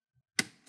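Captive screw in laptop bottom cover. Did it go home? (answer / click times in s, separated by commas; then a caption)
released / 0.4 s. A screwdriver rotates a captive screw in the bottom cover of a Dell G3 15 laptop until the screw releases. After a faint low thump near 0.2 s, one sharp, bright click at 0.4 s marks the screw clicking loose, followed by a short decaying ring and a small tick near 0.7 s.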